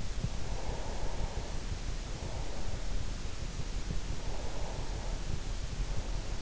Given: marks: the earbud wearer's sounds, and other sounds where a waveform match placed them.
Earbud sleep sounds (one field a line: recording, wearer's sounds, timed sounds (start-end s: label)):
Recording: sounds in sleep by an in-ear microphone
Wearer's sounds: breath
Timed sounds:
0.22-2.88 s: breath
4.19-6.41 s: breath